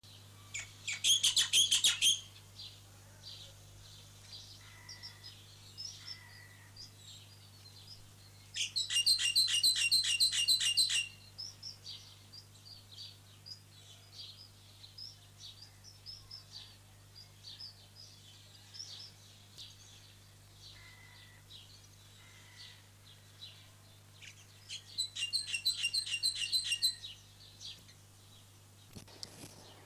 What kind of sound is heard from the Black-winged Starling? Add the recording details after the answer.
song. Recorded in captivity. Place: Zoo Berlin, Berlin, DE. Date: 2006-06-07 17:55. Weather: fair, 16°C. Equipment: Grundig CR 110, Sennheiser ME 80, Kopie Uher 4000 Report Monitor. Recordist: Tembrock, Günter. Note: Lautfolgen. Netzbrummen